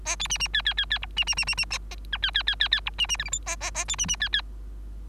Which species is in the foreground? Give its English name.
Bengalese Finch